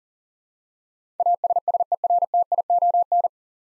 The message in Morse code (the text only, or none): ASSERTION